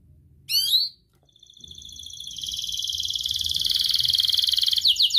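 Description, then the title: Atlantic canary song: a sharp chirp, then a long buzzy trill that builds in loudness and ends in brisk notes. Actively singing (gacor) canary with rich song phrasing (cengkok) and fill-in phrases (isian), from the Indonesian songbird hobby (kicaumania). "Kenari Gacor Cengkok Isian Kenarigacor Kicaumania Kenari"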